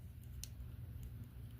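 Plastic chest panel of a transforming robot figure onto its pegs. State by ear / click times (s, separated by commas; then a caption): seated / 0.4 s. During a transformation, the plastic chest panel of a transforming robot action figure is pushed in onto its pegs. A sharp click at 0.4 s marks it locking into place, with fainter plastic ticks around 0.2 s and 1.0 s over a low background hum.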